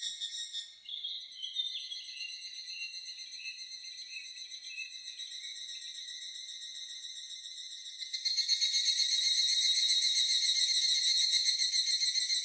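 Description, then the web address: Evening cicada song, a dense, ringing pulsed trill with stepped, falling phrases early on, then swelling into a louder, steady shrill song after about eight seconds. Recorded on 4 July 2004. "2004 040704 higurasi"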